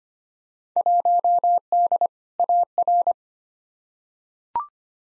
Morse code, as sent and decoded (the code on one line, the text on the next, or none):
.---- -.. / .- .-.
1D AR